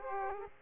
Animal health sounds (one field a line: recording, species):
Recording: mosquito wingbeat signal from an infrared sensor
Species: Aedes aegypti